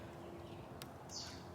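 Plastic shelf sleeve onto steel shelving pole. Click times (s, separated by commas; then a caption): 0.8 s. A plastic locking sleeve is pushed onto a ridge of a steel pole on an Amazon Basics adjustable shelving unit until it seats, giving a short, faint click at 0.8 s over a quiet background. A brief high-pitched tone follows around 1.1 to 1.4 s, and the sleeve is seated on the pole.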